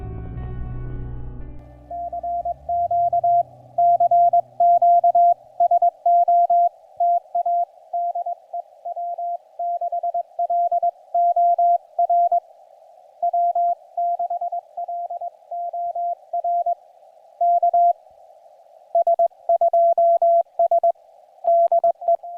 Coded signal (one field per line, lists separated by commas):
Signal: Morse code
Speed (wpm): 22 wpm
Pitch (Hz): 690 Hz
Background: music, radio noise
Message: CQ CQ SOTA DE W6LOR W6LOR K S2S DE